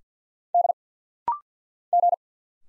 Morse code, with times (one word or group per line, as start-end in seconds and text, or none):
0.5-0.7 D
1.9-2.1 G